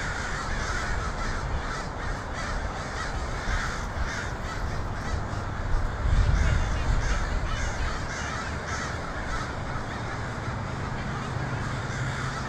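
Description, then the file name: Dense chorus of crow caws, rapid and overlapping, with a louder low rumble swelling around the middle. Multiple crows recorded in Portland (PDX) on 23 October 2018. "pdx crows 2018-10-23"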